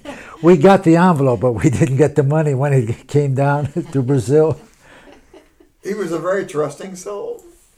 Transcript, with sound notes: We got the envelope, but we didn't get the money when it came down to Brazil. ( they laugh )
He was a very trusting soul.